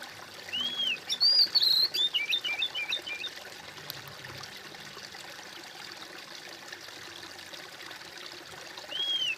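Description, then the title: Bird song opening with a rising-falling whistle, followed by a quick jumble of short twittering notes, a long gap, then another arched whistle near the end; faint hiss behind. "kOMPILASI suara bird"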